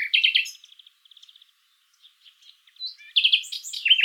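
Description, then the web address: Common nightingale song: a harsh chattering burst, a soft string of repeated ticking notes, quiet scattered chips, then a sudden loud rich jumble of trills and whistles. "pub SETE data Luscinia megarhynchos"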